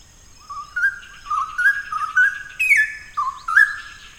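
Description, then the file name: Straw-headed bulbul pouring out a continuous rich, gurgling warble of rolling notes that climb and dip, over a faint steady whine. "Cucak Rawa"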